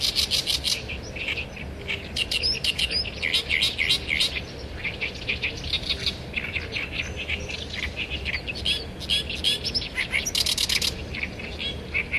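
Great reed warbler singing a loud, croaking, churring series of harsh repeated notes in short runs, some phrases sharper and higher, with a constant low rumble behind.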